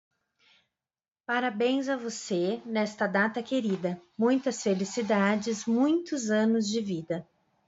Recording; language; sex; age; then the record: short text; Brazilian Portuguese; female; 40 to 49 years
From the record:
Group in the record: control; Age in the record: 44 years